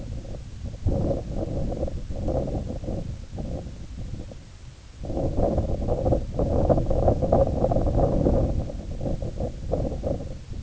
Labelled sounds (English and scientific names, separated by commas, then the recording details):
none
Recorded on Arctic tundra, site IGLO-A, on 20 June 2018
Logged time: 07:59